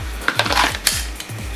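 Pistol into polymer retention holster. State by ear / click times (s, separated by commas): seated / 0.9 s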